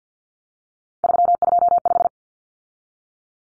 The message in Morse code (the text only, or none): 325